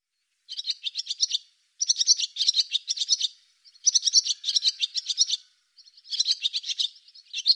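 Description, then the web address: Barn swallow twittering: near-continuous bursts of quick, high, buzzy chirps, with short pauses between phrases. "cianscape birddata Deverinetal 2025"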